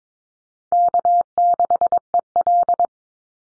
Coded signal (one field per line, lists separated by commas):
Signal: Morse code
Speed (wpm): 22 wpm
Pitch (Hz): 700 Hz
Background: none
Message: K6EL